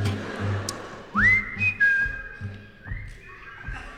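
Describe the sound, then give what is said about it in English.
An audience whistles the song's melody together, holding long high notes that slide up and shift pitch, over a soft low rhythmic accompaniment. “Everybody whistling again.”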